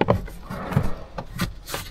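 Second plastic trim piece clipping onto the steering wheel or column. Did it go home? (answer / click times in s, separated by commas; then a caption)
no / none. A second plastic trim piece is being handled onto a Volkswagen Up or e-Up steering wheel or column. Short knocks and rustles are heard, with sharp transients near 0.0 s, 0.1 s and 1.2 s. Nothing has seated or clicked yet.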